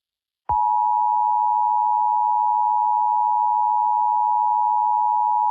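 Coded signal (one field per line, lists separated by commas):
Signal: Emergency Alert System (SAME) tones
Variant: 853 and 960 Hz attention tone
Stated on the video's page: Fictional EAS scenario, not a real alert.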